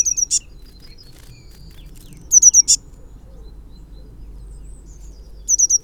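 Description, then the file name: Eurasian blue tit calling with quick high trilled notes closing on a sharp tick, three bursts, one louder in the middle, against a steady low rumble. "Cyanistes caeruleus"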